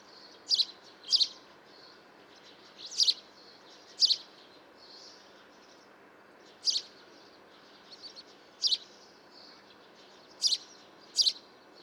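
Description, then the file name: House sparrow calling with loud chirps, some doubled, spaced irregularly, plus softer quieter chirps in between, over faint steady hiss. "Passer domesticus"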